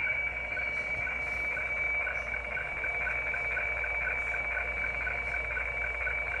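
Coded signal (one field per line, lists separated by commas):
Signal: weather fax (radiofax)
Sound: steady high tone over a rhythmic ticking warble, repeating several times a second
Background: radio static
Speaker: if you look when it's very strong you'll see that when i don't talk the actual lines of the hf weather facts is within that box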